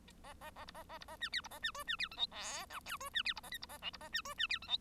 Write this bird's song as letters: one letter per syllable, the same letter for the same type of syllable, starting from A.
A A A B A A B A C D B A C E C D F G H I J E C D B A K B A L B A C E C D F G